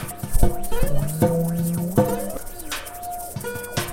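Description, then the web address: Goats giving drawn-out nasal bleats, one long low wavering cry in the middle, shorter overlapping bleats before and after, with some thumping. "goats"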